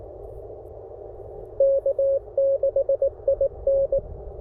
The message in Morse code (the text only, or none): K6IN